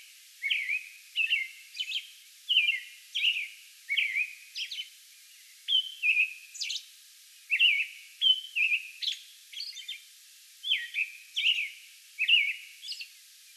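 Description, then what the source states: American robin song, a steady run of short caroled phrases with thin squeaky high notes mixed in. Song bout recorded on May 11.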